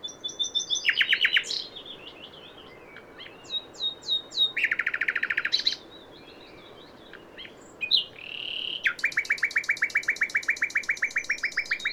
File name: Luscinia megarhynchos